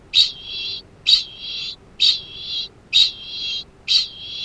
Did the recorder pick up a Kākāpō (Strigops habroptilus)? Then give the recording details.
yes. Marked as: faintness 2/5. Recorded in New Zealand. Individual Arab